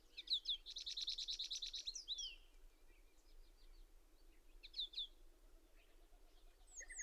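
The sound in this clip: Bird song: a fast, buzzy trilled phrase near the start, followed by scattered high chirps and short whistled notes over a hissing background.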